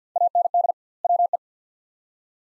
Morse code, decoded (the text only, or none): AND WE